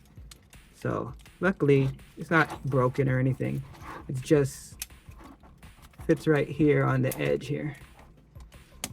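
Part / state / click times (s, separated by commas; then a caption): plastic chest part into action figure body / seated / 8.8 s. A plastic chest piece that had popped out of a Transformers Beast Wars Optimus Primal action figure is lined up on the edge and pressed back into the figure body while someone talks. Small plastic handling clicks lead up to a sharp snap at 8.8 s as the part seats back in, and it is not broken.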